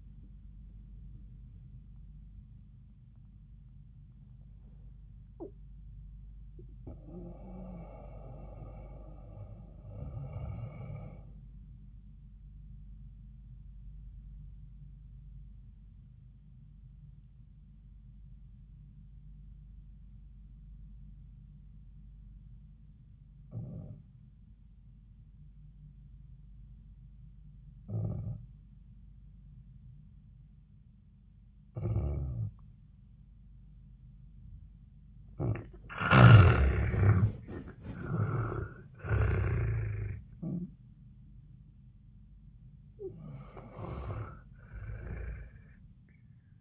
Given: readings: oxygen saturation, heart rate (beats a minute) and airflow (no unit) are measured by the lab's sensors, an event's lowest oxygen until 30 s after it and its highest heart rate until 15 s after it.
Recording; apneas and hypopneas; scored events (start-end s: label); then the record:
breathing in sleep by a smartphone at the bedside; 1
14.00-33.70 s: obstructive apnea (N2, oxygen 98% highest, then 79% lowest)
From the record:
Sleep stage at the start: N2 (light sleep); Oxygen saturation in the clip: 73 to 98%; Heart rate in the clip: 83 to 99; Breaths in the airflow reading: 5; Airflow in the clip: -15.1 to 8.9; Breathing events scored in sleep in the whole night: 400 in 8.7 hours asleep